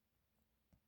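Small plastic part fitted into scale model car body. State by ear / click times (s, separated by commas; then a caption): not seated / none. A small plastic part that had been badly fitted is handled as it is pressed back into the body of a Ferrari 330 scale model car. Only faint low tapping and handling noise is heard, with a brief bump of sound near 0.7 s. Nothing has seated or clicked yet.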